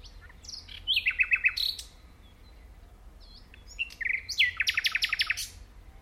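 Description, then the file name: Common nightingale song, two phrases of quick repeated chirps and rattling trills separated by a short pause. "Luscinia megarhynchos"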